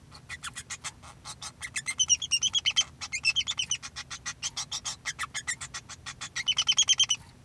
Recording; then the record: song of a male Bengalese finch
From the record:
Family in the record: son of father 2